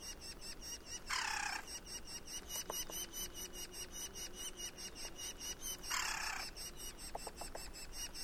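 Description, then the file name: Woodpecker making two harsh, grating calls about five seconds apart, with a few faint taps, against a continuous rapid pulsing insect chorus. "050723-wkpkr"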